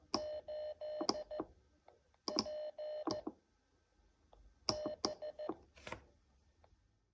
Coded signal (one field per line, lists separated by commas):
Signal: Morse code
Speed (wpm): 14 wpm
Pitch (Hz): 610 Hz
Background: none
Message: 8 P B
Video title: Krótkofalarstwo - Telegrafia #1 Jak zacząć? #krótkofalarstwo #hamradio #cw #morsecode